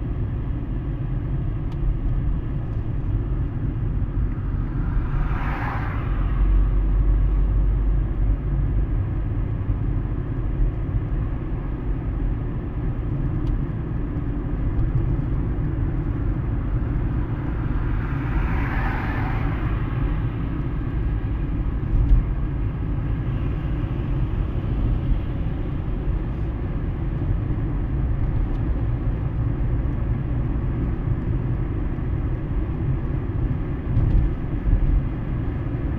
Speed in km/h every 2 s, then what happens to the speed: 48, 47, 46, 49, 53, 56, 58, 60, 61, 59, 56, 54, 56, 57, 60, 63, 65, 68.
4-14 speeds up to 60. 14-23 slows to 54. 23-36 speeds up to 68.